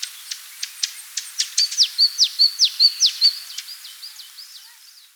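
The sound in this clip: Spot-winged tit song: sharp clicking ticks building into a run of loud, evenly spaced high notes, then tailing off into quieter twittering and a fade.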